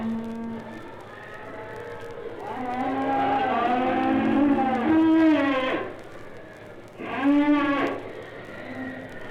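Cattle lowing, a series of wavering moos building to a loud drawn-out call midway, then a shorter moo near the end.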